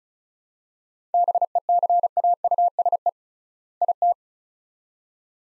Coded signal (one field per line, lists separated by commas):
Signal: Morse code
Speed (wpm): 36 wpm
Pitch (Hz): 700 Hz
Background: none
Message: BECAUSE IT